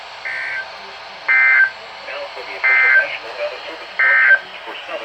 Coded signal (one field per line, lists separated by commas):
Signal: Emergency Alert System (SAME) tones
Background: speech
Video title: EAS #143 - Severe Thunderstorm Watch